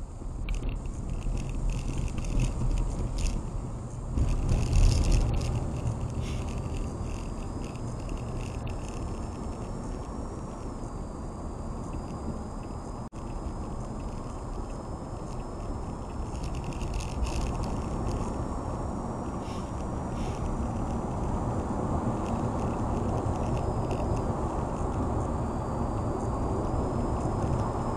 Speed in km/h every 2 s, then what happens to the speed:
24, 27, 37, 44, 55, 63, 68, 74, 79, 82, 89, 93, 95, 97.
0-28 speeds up to 97.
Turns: none.